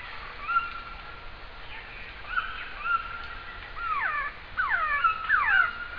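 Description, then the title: Glossy antshrike calls: scattered short notes at first, then a quicker series of sharply descending slurred notes toward the end. "LuckyPassaro Completos2Sama. Glossy Antshrike (Sakesphorus luctuosus)"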